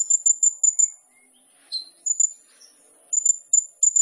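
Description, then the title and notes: Sunbird song: thin, very high chips delivered in quick short groups, separated by short silences, against a clean quiet background. Indonesian masteran training recording for cage songbirds; described as full isian and tembakan, suited as pancingan to provoke singing; gacor singing. "MASTERAN KOLIBRI NINJA TERBAIK FULL ISIAN DAN TEMBAKAN MEWAH COCOK BUAT PANCINGAN. Suara Burung Kolibri Ninja Gacor"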